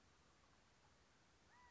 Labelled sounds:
California Quail (Callipepla californica)

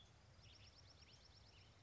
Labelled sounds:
Western Tanager (Piranga ludoviciana)

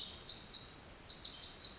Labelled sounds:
Pacific Wren (Troglodytes pacificus)

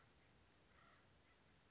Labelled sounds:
Acorn Woodpecker (Melanerpes formicivorus)

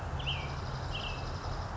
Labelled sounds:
American Robin (Turdus migratorius)

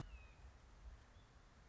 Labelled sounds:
Red-shouldered Hawk (Buteo lineatus)

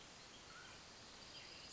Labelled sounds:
Mountain Quail (Oreortyx pictus)

